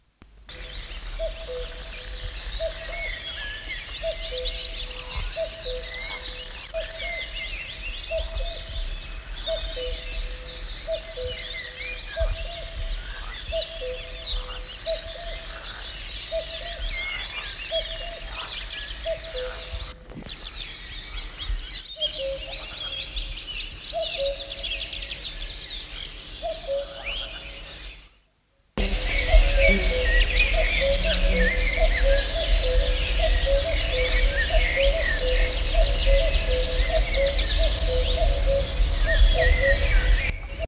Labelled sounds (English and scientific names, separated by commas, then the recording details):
Common Cuckoo (Cuculus canorus) call
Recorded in the wild
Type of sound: call
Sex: male
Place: Helstorfer Moor, Niedersachsen, DE
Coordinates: 52.5414, 9.59632
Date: 1974-06-17
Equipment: Halbspur, 9,5 cm/s
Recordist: Lütgens, Hans
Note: Zunächst nur von einem Männchen